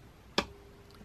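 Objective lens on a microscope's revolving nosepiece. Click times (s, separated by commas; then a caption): 0.4 s. The revolving nosepiece of a light microscope is turned so an objective lens swings into the light path. A single sharp click at 0.4 s marks the lens clicking into place, followed by a faint tone and a much softer tick near 0.9 s. No one talks.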